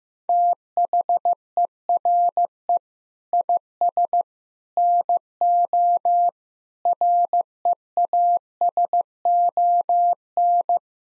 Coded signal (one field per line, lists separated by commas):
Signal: Morse code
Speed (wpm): 15 wpm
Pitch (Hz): 700 Hz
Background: none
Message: THERE IS NO REASON